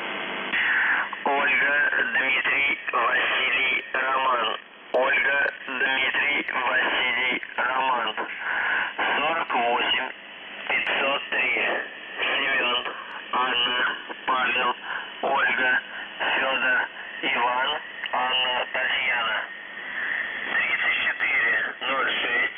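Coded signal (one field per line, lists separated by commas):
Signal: numbers station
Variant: UVB-76, Russian voice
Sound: a male voice reads a message steadily over a narrow, muffled shortwave channel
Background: radio static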